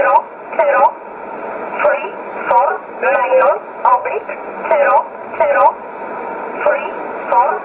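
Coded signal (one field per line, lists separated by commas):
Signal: numbers station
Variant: E11 Oblique, English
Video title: 20 05 2020 E11 Oblique Numbers station in English 0746 on 15720 unknown tx site in USB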